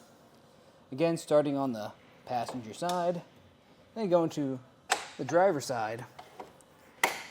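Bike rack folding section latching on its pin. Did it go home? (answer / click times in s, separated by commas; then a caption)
yes / 7.0 s. Someone talks while part of a Yakima OnRamp LX bike rack for two electric bikes, mounted on a 2022 Ford Bronco Sport, is folded to save space after its two front pins are pulled, first on the passenger side and then the driver's side. Two faint taps come at about 6.4 and 6.6 seconds, then a sharp click at 7.0 seconds as the folding section's metal pin latch engages and seats in place.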